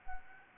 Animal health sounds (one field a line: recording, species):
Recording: mosquito wingbeat signal from an infrared sensor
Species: Anopheles gambiae